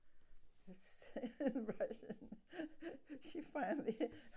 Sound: laughs

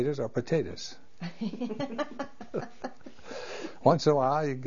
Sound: laughs

